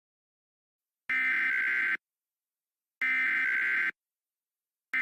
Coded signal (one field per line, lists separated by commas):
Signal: Emergency Alert System (SAME) tones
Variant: header bursts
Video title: EAS Scenario - Possessed III